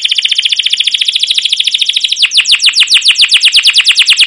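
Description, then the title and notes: Canary song with a fast, even trill of high notes that slows midway into broader, repeated, downward-sweeping chirps. Caged canary song used as lure to train young canaries to learn sounds; style described as cuit cuit ngerol, gacor panjang, emosi: chirping, rolling, long continuous excited singing. "CUIT CUIT NGEROL GACOR PANJANG Kenari Pancingan KENAR. PANCINGAN Kenari GACOR PANJANG Cuit CUIT EMOSI MASTERAN Kenari PAUD belajar BUNYI. burung kenari"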